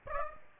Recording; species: mosquito wingbeat signal from an infrared sensor; Aedes aegypti